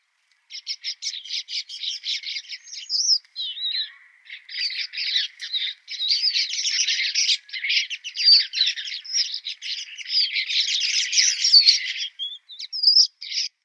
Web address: Schulze Peter Red-billed Quelea song